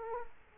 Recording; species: mosquito wingbeat signal from an infrared sensor; Culex quinquefasciatus